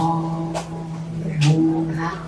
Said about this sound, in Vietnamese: Tiếng chuông lên